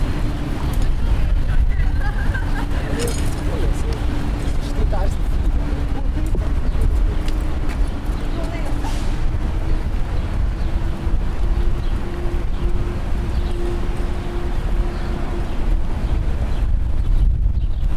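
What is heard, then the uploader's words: A walk through the McGill University downtown campus, with a steady low rumble of traffic and wind running throughout. Voices come and go faintly, and a sustained hum drifts slightly higher in pitch midway. Brief clicks and taps scatter across the clip. A walk through the familiar downtown campus of McGill University. The quiet and relaxing atmosphere of a sunny summer afternoon.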